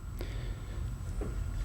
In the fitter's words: Donc là où vous l'entendez, c'est clipsé derrière.